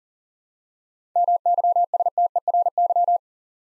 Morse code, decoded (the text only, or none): MYSTERY